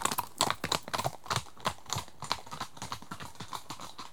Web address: The BBC Sound Effects Library. Horses